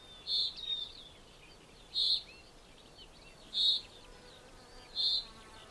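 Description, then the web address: Common chaffinch calling: four sharp, clipped notes spaced roughly a second and a half apart. "2025 File origin Bird Only Fr Co"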